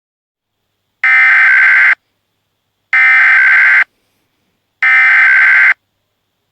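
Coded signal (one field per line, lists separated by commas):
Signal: Emergency Alert System (SAME) tones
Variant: header bursts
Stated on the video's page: Fictional EAS scenario; the alert is simulated, not a real activation.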